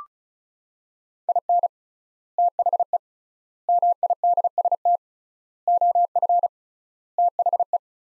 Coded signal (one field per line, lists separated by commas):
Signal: Morse code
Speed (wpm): 36 wpm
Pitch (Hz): 700 Hz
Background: none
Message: IN THE MIDST OF THE